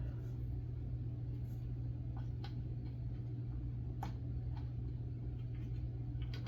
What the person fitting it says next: This does lock into place pretty well.